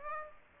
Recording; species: mosquito wingbeat signal from an infrared sensor; Aedes aegypti